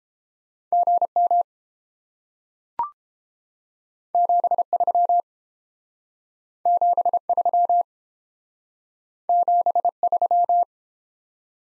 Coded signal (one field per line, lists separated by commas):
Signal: Morse code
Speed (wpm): 30 wpm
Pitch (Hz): 700 Hz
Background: none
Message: GM 73 73 73